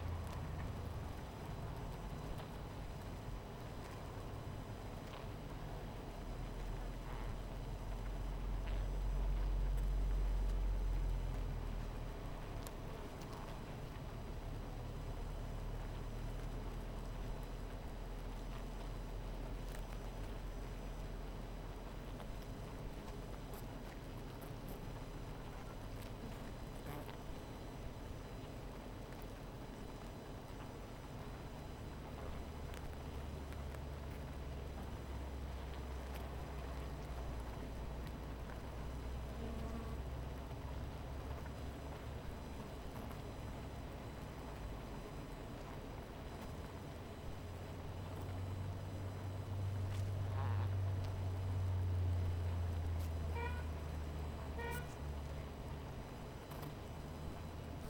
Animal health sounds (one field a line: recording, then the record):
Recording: honeybee colony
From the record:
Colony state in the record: missing queen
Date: 14 July 2017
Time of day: 17:43